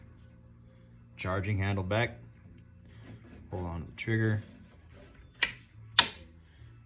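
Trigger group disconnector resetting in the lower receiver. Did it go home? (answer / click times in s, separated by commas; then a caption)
yes / 6.0 s. Someone talks while doing a function check on a reassembled AR-15 rifle: the charging handle is pulled back and the trigger is held as the hammer falls with a sharp hit at about 5.4 s. When the trigger is released, the trigger group's disconnector in the lower receiver catches and resets with a crisp metal click at 6.0 s, confirming the reset.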